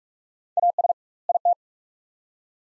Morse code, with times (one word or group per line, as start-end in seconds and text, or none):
0.6-0.9 AS
1.3-1.5 IT